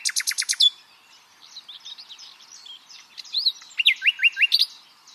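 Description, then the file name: Common nightingale starting with a fast repeated-note rattle, then soft mixed twitters and a run of down-slurred whistled notes. "Luscinia megarhynchos"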